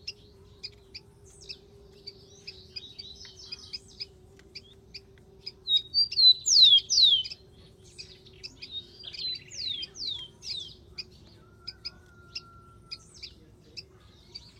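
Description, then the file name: Rufous-collared sparrow song: sharp slurred whistles sliding downward and a short trill, among many high chips and twitters, with a steady low hum. "canto do tico tico"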